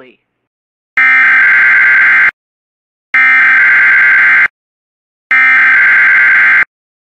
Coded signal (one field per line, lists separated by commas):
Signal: Emergency Alert System (SAME) tones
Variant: header bursts